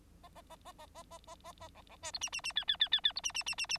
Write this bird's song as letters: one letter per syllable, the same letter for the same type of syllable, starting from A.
A A A A A A A A A A B B C D E E E F F F F F D E E E E E